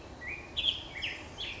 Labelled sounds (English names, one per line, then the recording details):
Black-headed Grosbeak
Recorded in Sonoma County, California